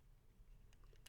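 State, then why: Not seated. A small plastic accessory is being handled at the back of a turtle action figure, set into a notch and pivoted so it can clip in. Only faint, low handling noise is heard, with a few soft ticks near the end. Nothing has seated or clicked yet.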